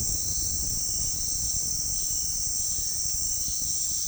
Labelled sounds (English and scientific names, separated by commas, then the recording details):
none
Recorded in pastures near Puerto Asís, Putumayo, Colombia, on 29 June 2025 at 17:30
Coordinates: 0.466, -76.322
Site GP07